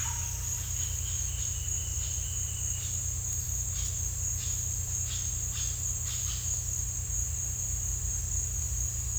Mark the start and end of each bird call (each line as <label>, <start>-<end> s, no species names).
bird call, 2.77-2.96 s
bird call, 3.70-6.42 s